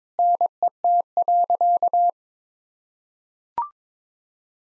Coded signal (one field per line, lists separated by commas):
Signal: Morse code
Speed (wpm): 22 wpm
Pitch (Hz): 700 Hz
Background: none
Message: NET.